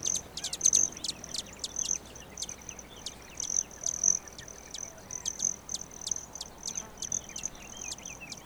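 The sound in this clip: Broad-tailed hummingbird giving sharp, high chip notes in quick bursts and short metallic trills, repeated several times a second, over faint background hiss.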